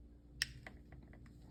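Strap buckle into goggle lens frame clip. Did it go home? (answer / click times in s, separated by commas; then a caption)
yes / 0.4 s. A plastic strap buckle is pushed forward into its clip on a goggle lens frame, giving one sharp click at 0.4 s. Fainter small clicks and ticks follow as it is slid back into the locked position, and the buckle is seated in the clip.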